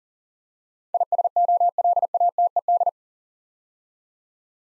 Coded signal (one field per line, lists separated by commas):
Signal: Morse code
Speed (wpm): 42 wpm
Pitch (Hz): 700 Hz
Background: none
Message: ISOLATED